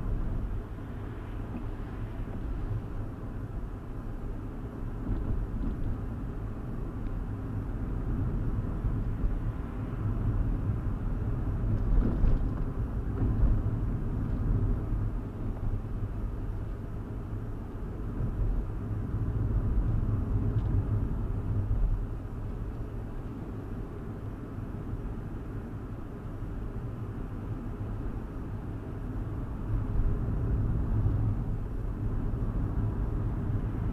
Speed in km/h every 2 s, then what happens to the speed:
42, 44, 44, 44, 42, 44, 42, 42, 44, 44, 42, 42, 44, 44, 44, 42, 42.
0-34 steady at about 44.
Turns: none.